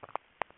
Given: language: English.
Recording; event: throat vibration sensor signal played as sound; swallow